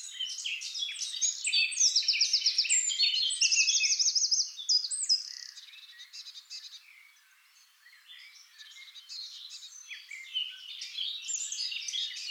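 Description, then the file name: Eurasian blackcap song opening with a loud run of quick repeated notes and a brighter warble, fading into quieter jumbled twittering, then picking up again. "Sylvia atricapilla"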